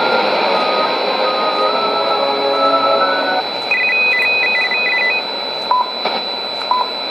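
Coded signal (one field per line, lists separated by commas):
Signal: radio time signal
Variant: ItalCable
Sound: faint hum tones, a warbling two-tone data burst, then two short 1 kHz pips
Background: radio static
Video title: 08 10 2016 Time Signal Station ItalCable in Italian 1000 on 10000 CUSB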